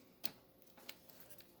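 A crimped terminal on the purple ignition wire, from a stock S10 ignition switch in an LS swap, is pushed into cavity A3 of a plastic fuse block connector. A sharp snap at 0.2 seconds, followed by a few fainter ticks, marks the terminal seating fully in its cavity.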